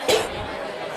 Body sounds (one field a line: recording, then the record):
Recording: coughing mixed with background sound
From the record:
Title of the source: 61 morning phlegmy cough...again